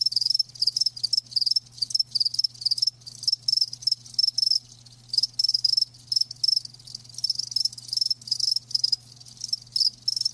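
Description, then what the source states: Crickets chirping in rapid, high-pitched pulsed bursts separated by brief gaps, with a faint steady low hum underneath. Live crickets chirping; a lulling song.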